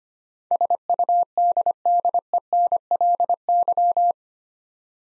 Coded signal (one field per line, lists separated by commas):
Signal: Morse code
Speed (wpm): 25 wpm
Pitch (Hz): 700 Hz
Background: none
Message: SUDDENLY